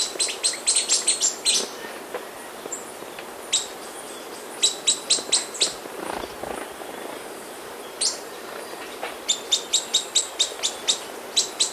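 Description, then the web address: Flavescent flycatcher calls: bursts of sharp, high chipping notes repeated quickly, with pauses between the runs, over a faint steady background hiss. Ecuador. "Birds of Ecuador. Flavescent Flycatcher"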